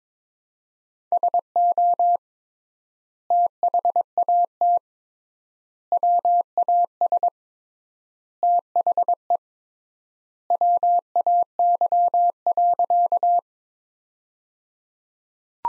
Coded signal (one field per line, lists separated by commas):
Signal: Morse code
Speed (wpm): 22 wpm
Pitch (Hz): 700 Hz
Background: none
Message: SO THAT WAS THE WAY.